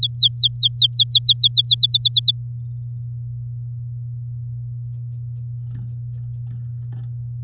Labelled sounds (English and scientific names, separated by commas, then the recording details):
Domestic Canary (Serinus canaria) song
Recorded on 8 May 2018 at 12:44
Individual llb16